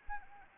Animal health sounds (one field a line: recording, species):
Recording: mosquito wingbeat signal from an infrared sensor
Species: Anopheles arabiensis